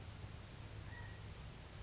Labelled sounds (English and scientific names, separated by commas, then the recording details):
California Quail (Callipepla californica)
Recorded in Sonoma County, California